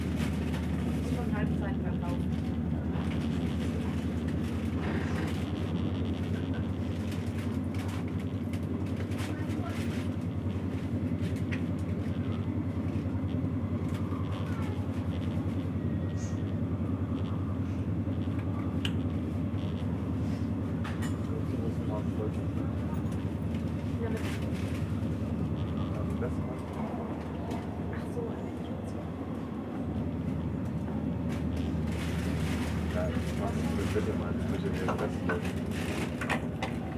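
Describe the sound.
An S-Bahn train runs with a steady low rumble and hum that holds throughout, with a brief dip in level around 26 to 31 seconds. Muffled voices murmur over it, and scattered clicks and rattles come and go.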